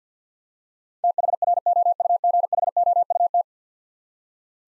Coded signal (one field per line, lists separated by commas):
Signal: Morse code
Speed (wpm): 50 wpm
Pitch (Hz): 700 Hz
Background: none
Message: THROUGHOUT